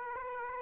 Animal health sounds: mosquito wingbeat signal from an infrared sensor; Aedes aegypti

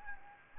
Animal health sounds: mosquito wingbeat signal from an infrared sensor; Anopheles gambiae

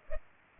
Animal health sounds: mosquito wingbeat signal from an infrared sensor; Culex pipiens

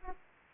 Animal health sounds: mosquito wingbeat signal from an infrared sensor; Aedes aegypti

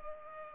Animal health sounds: mosquito wingbeat signal from an infrared sensor; Culex pipiens

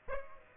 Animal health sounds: mosquito wingbeat signal from an infrared sensor; Aedes aegypti

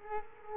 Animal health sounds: mosquito wingbeat signal from an infrared sensor; Culex quinquefasciatus

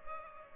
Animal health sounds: mosquito wingbeat signal from an infrared sensor; Culex pipiens

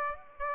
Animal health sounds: mosquito wingbeat signal from an infrared sensor; Aedes aegypti

